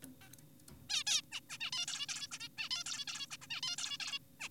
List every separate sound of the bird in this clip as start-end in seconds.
0.22-0.28, 0.90-1.04, 1.07-1.22, 1.32-1.40, 1.50-1.58, 1.61-1.71, 1.73-1.86, 1.88-2.06, 2.09-2.28, 2.32-2.38, 2.40-2.48, 2.58-2.69, 2.71-2.84, 2.86-3.05, 3.08-3.27, 3.31-3.37, 3.42-3.47, 3.50-3.61, 3.63-3.76, 3.78-3.98, 4.00-4.19, 4.40-4.49